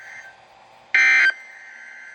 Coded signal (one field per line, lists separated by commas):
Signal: Emergency Alert System (SAME) tones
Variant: end-of-message bursts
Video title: Severe Thunderstorm Warning (EAS 2922) 5/2/25